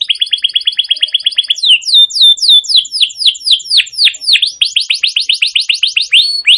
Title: Pikat Kenari GACOR PANJANG INI Cocok Untuk Masteran KENARI LIAR